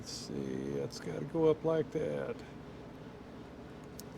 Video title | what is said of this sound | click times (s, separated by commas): 73 Suzuki TC125 Odd jobs, and plating | just push it in until it's until it snaps | 4.0 s